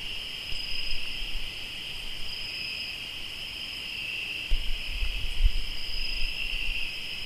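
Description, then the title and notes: Cricket: high, continuous trilling throughout, joined in the second half by louder low rumbling bursts. Crickets in Tlayacapan, Morelos. "Sonidos de grillos en Tlayacapan - Morelos"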